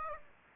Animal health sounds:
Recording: mosquito wingbeat signal from an infrared sensor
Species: Aedes aegypti

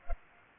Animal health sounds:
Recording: mosquito wingbeat signal from an infrared sensor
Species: Culex pipiens

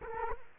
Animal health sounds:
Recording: mosquito wingbeat signal from an infrared sensor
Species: Culex quinquefasciatus

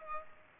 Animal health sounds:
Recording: mosquito wingbeat signal from an infrared sensor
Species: Culex pipiens

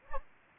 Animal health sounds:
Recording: mosquito wingbeat signal from an infrared sensor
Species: Anopheles arabiensis

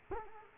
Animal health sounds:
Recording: mosquito wingbeat signal from an infrared sensor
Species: Culex quinquefasciatus

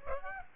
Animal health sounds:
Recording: mosquito wingbeat signal from an infrared sensor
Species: Aedes aegypti

